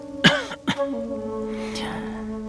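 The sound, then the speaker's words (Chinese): A light, throaty cough in two quick soft bursts from a character in the audio drama Anhe Zhuan, easing a tense standoff, followed by a sustained musical drone with faint high shimmer continuing underneath. “眼见谢金客与苏昌和剑拔弩张起来，谢成则轻轻咳嗽一声，略微缓解了一下空气中紧张的气氛。”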